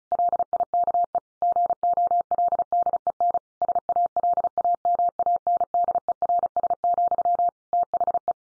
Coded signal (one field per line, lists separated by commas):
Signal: Morse code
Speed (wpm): 34 wpm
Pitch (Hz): 700 Hz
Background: none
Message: LIKE GOLDEN SALAMANDERS, THE